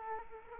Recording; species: mosquito wingbeat signal from an infrared sensor; Aedes aegypti